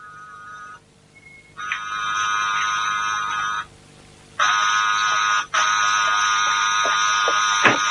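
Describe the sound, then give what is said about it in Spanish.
A doorbell buzzer rings in several long, harsh, steady bursts, each lasting a second or two, with brief gaps between them. A shorter, fainter buzz comes first. No one speaks. “¿Es que no funciona el timbre?”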